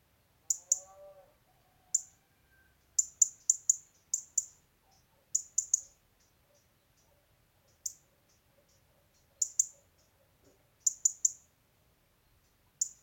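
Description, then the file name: European robin giving hard, high ticks, some single and some in quick runs of two to four, amid quiet surroundings. "Erithacus rubecula"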